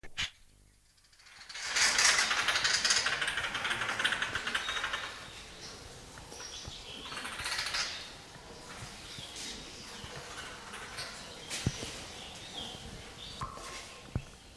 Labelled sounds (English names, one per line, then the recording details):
White-headed Barbet call
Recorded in captivity
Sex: pair
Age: adult
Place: Zoo Berlin, Berlin, DE
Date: 1997-11-15 12:30
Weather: bedeckt - leichter Regen, 5°C
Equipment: Nagra SN, Kopie Uher 4000 Report Monitor
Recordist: Tembrock, Günter
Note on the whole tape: Paarrufen